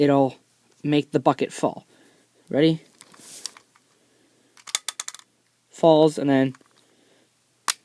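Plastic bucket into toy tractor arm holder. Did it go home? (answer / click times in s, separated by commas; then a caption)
yes / 7.7 s. The plastic bucket on a 2013 Hess toy tractor is dropped, giving a quick burst of sharp plastic clatters around 4.8–5.2 s while someone talks. It is then pushed back up and clicks into its holder on the tractor arm with a single sharp snap at 7.7 s, seated back in place.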